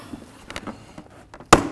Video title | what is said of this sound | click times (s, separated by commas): How to Replace Bumper Cover Lower Grille 09-16 Mercedes-Benz E350 | Do the same for this outer portion. You should be able to hear it lock in. | 1.5 s